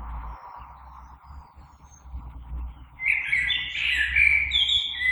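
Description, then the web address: Common blackbird singing a rich, fluting warble that starts after about three seconds of quiet low rumble and continues to the end. Recorded 3 March 2020. "oiseaux Merle 2020 03 03"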